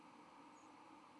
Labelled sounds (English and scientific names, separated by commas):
White-throated Sparrow (Zonotrichia albicollis) flight call